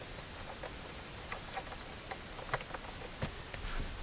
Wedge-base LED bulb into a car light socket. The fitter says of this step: take out the incandescent plug in this one pops right in the back here just like this